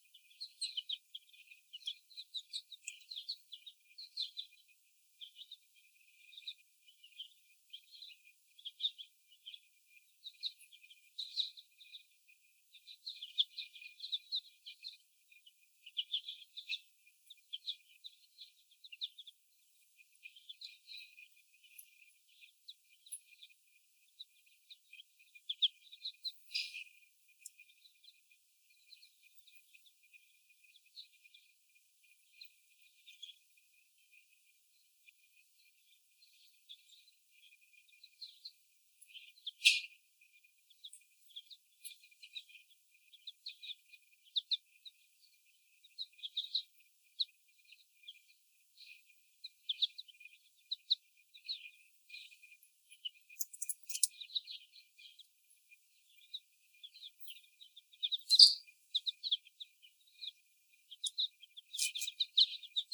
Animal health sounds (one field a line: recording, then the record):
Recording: young laying hens in a cage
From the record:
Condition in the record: before the stressor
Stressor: sudden umbrella opening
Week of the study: 1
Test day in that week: 1